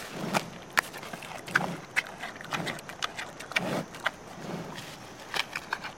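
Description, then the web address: Panda munching, with sharp crunchy snaps and soft chewing thumps repeating unevenly. Panda chewing and eating something. "il suono di un panda che mastica e mangia qualcosa"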